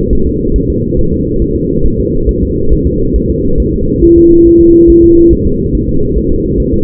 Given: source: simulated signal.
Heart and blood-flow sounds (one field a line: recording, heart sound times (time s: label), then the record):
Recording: fetal heart sounds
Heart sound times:
0.13 s: S1
0.27 s: S2
0.56 s: S1
0.70 s: S2
0.99 s: S1
1.13 s: S2
1.42 s: S1
1.56 s: S2
1.86 s: S1
2.00 s: S2
2.29 s: S1
2.43 s: S2
2.73 s: S1
2.87 s: S2
3.16 s: S1
3.30 s: S2
3.60 s: S1
3.74 s: S2
4.04 s: S1
4.18 s: S2
4.47 s: S1
4.61 s: S2
4.90 s: S1
5.04 s: S2
5.33 s: S1
5.47 s: S2
5.75 s: S1
5.89 s: S2
6.17 s: S1
6.32 s: S2
6.60 s: S1
6.74 s: S2
From the record:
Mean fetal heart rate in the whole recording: 140 bpm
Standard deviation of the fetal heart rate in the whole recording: 2 bpm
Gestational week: 34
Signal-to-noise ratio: -16.4 dB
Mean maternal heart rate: 72 bpm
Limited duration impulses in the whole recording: present